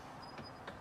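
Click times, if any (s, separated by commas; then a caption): 0.7 s. The beer line from a torpedo keg is pushed up into the dispensing head of a home draft beer machine. Over a steady background hiss, a faint knock near 0.4 s is followed by a sharp, short click at 0.7 s as the line seats in place.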